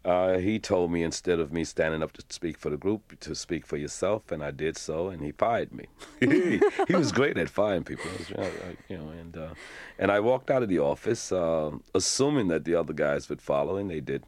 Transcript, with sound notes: He told me instead of me standing up to speak for the group to speak for yourself, and I did so. And he fired me.
(LAUGHTER)
He was great at firing people, you know? And I walked out of the office assuming that the other guys would follow, and they didn't.